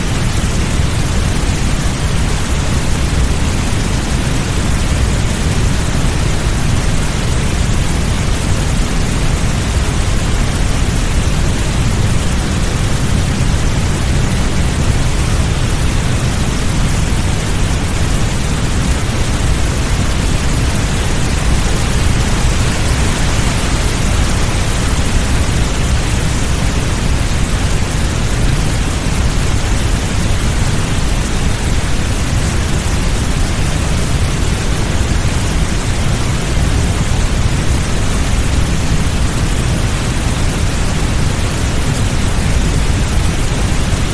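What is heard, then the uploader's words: A steady, dense rush of river and waterfall water with a deep low rumble, unchanging throughout, like a constant hiss over heavy bass. River Waterfall with Soothing Brown Noise.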